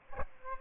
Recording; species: mosquito wingbeat signal from an infrared sensor; Aedes aegypti